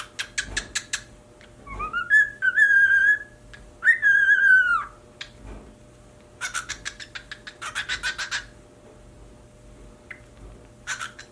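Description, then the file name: Cockatiel song: bursts of short harsh chatter alternate with two longer tonal whistles, the first rising to a steady pitch, with faint clicks and low hum between phrases. "Cockatiel Singing"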